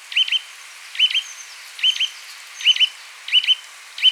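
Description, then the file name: Eurasian nuthatch: ringing, clipped double chirps repeated a little under once a second, about six in four seconds. "Sitta europaea"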